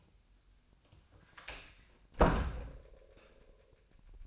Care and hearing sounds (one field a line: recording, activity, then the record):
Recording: daily activity, microphone in the room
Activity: close door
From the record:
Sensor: 2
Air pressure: 1007.0 hPa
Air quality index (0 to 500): 194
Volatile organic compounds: 12 ppm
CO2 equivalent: 2376 ppm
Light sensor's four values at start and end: 10/24/10/10 and 10/23/10/10